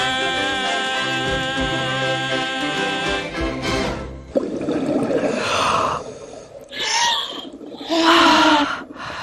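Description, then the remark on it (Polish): Sustained musical tones fade out, then a splash gives way to several loud, ragged gasps for air from women surfacing after a dive, short of breath, rising and falling in breathy bursts. “O, wynurzyłyśmy się. Cześć. Jak było? Już pod koniec troszkę brakowało nam oddechu.”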